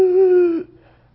Stridor. Typically happens in children if they have the croup or pertussis. They're going to have this horrible like breathing.